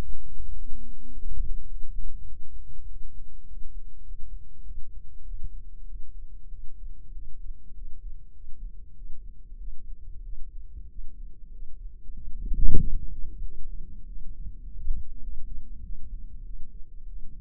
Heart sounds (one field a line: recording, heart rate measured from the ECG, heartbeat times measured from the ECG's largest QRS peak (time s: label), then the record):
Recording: heart sounds by microphone in the left ear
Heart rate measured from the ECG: 98 bpm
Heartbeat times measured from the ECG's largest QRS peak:
0.52 s: heartbeat
1.06 s: heartbeat
1.65 s: heartbeat
2.24 s: heartbeat
2.85 s: heartbeat
3.45 s: heartbeat
4.02 s: heartbeat
4.62 s: heartbeat
5.22 s: heartbeat
5.84 s: heartbeat
6.48 s: heartbeat
7.11 s: heartbeat
7.73 s: heartbeat
8.32 s: heartbeat
8.93 s: heartbeat
9.56 s: heartbeat
10.21 s: heartbeat
10.87 s: heartbeat
11.50 s: heartbeat
12.12 s: heartbeat
12.76 s: heartbeat
13.40 s: heartbeat
14.04 s: heartbeat
14.62 s: heartbeat
15.20 s: heartbeat
15.81 s: heartbeat
16.42 s: heartbeat
17.05 s: heartbeat
From the record:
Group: healthy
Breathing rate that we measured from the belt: 18 breaths a minute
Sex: female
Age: 19 years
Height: 163 cm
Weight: 51 kg